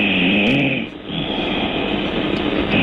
She's going to snore herself awake by the sound of it. The snoring got louder.